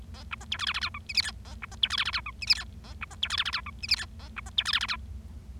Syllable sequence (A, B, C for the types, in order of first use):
A B C D E F F G H I J K A B C D E F F G H I J K A B C D E F F G H I J K A B C D E F F G